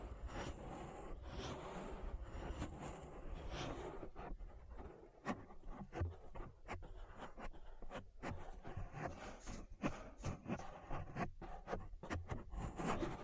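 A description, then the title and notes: Dense rubbing and scratching right against the ear for an ear massage, steady at first, then choppier with quick brushing strokes after four seconds. ASMR Relaxing Ear Massage That'll Put You to Sleep (No Talking).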